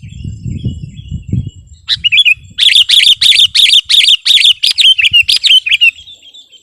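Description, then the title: Sooty-headed bulbul delivering rapid, bright chirps in a fast uneven series after a brief low rumble, with a thin steady high tone behind. "kutilang"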